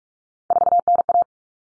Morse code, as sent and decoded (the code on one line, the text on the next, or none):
....- -. .-
4NA